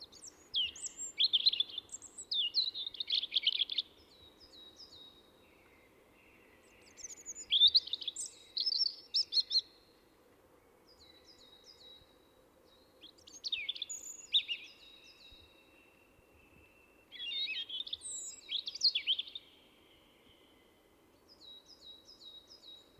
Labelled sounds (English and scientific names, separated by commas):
European Robin (Erithacus rubecula) song